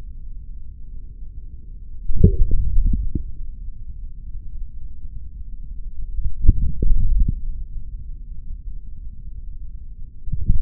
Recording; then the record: forearm muscle sounds (acoustic myography)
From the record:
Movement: hand closing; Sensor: system 3, bracelet of six PUI Audio POM-2738L microphones around the upper forearm, with dedicated amplification and filtering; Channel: 4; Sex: male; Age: 26 years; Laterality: right